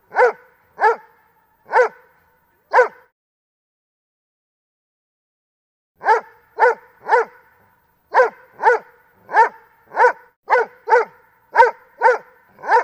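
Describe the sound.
Dobermann barks: four steady barks, a silence of about three seconds, then a run of about twelve barks.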